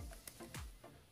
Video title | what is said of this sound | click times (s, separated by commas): Dell Laptop Restoration - Dell Inspiron 1464 Complete Makeover | you take your battery you slide it in you hear that click sound it's in place now | 0.3 s